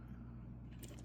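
A small red plastic tape-retaining piece, which has slipped out several times, is pressed back over the tape on the reel hub of a VHS cassette with a larger screwdriver across the top. Over a steady low hum, two brief sharp handling sounds occur at about 0.9 s and 1.0 s. Nothing has seated or clicked into place yet.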